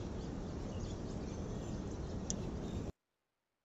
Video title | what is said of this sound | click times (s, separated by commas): Mc4 Connector কিভাবে লাগাতে হয়? | আর টাইট করে লাগানোর সময় একটা ক্লিক একটা আওয়াজ হবে। | 2.3 s